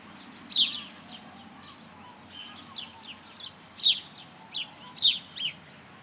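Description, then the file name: House sparrow giving irregular chirps, loud notes near the start and end with quieter chirps scattered between, over a low background rumble. "Passer domesticus"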